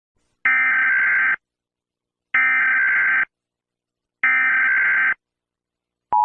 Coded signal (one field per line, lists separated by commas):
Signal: Emergency Alert System (SAME) tones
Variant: header bursts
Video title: Eas scenario | asteroid impact ￼